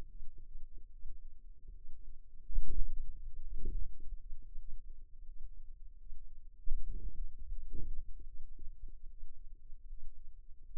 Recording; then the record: forearm muscle sounds (acoustic myography)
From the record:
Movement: hand closing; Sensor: system 2, bracelet of six BSWA MPA416 microphones around the upper forearm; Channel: 6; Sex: female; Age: 23 years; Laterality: right